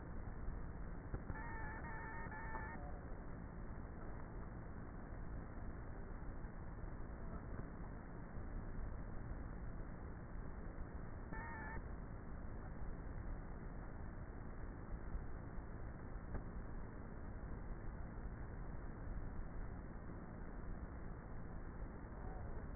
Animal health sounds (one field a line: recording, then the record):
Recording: honeybee colony, microphone inside the hive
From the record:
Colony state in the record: queenless with a low population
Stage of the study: before two queens were removed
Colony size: about 30,000 bees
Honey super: no